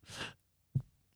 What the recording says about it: Can you hear these hiccups? Just like we had at the beginning of the show.